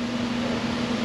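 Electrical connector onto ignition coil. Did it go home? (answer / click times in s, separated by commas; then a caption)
no / none. A plastic electrical connector is handled at the ignition coil of a Ford 5.0 Coyote engine, about to be pushed back on. Only a steady broadband hum with a low tone near 250 Hz is heard for the 1.1 seconds, with no sharp sounds. Nothing has seated or clicked yet.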